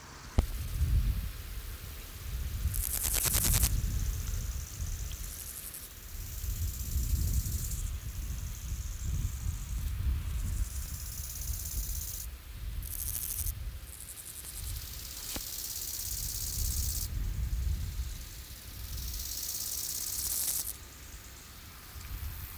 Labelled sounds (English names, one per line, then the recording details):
Bow-winged Grasshopper stridulation
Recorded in the wild
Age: imago
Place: Treuchtlingen, Naturpark Altmühltal, Bayern, DE
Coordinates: 48.96, 10.91
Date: 1993-09-07 11:48
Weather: 20°C, wolkig
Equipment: Marantz CP 430, Sennheiser MKH 416 T, Kopie Uher Variocord 263
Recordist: Tembrock, Günter